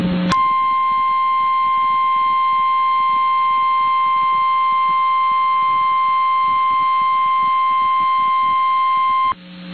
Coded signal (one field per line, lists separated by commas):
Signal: Emergency Alert System (SAME) tones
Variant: 1050 Hz attention tone